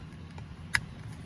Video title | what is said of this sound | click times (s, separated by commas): 2013 Mercedes-Benz C250 Steering Wheel Bezel Replacement | So you hear that click. | 0.8 s